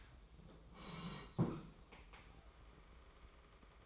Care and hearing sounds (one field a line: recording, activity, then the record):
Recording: daily activity, microphone in the room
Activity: sit down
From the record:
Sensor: 1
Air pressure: 1005.2 hPa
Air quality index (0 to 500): 124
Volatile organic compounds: 5 ppm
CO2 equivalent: 1729 ppm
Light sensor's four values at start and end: 11/27/11/11 and 11/27/11/12